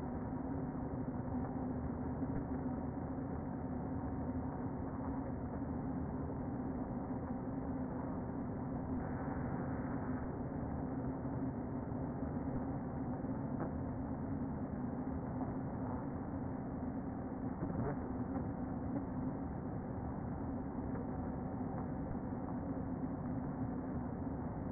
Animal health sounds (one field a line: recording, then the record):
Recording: honeybee colony, microphone inside the hive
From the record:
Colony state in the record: queen present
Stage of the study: before two queens were removed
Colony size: about 60,000 bees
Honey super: yes